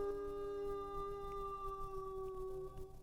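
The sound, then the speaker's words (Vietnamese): At midnight on a rooftop, a white dog with a red nose lets out one long, unbroken howl up at the moon, holding a steady mid pitch with only a slight waver and a faint dip near the end, with no talking over it. “Nó đứng dậy bằng hai chân, rồi nhảy phóc lên nóc nhà, cầm theo cây tre làm gậy đi qua đi lại, ngửa mặt lên soi trăng mà hú một tràng dài.”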